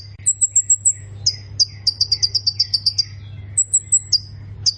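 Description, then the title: Plain prinia song: a brief run of thin, very high notes, then rapid strings of short buzzy chirps repeated several times a second, over a steady low hum. "Ciblek Sawah"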